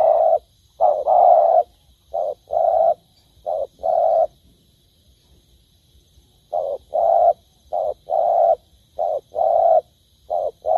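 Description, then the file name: Spotted dove cooing in paired low notes, short then long. A silent gap of about two seconds falls midway before the cooing resumes steadily. "tieng cu dat gay"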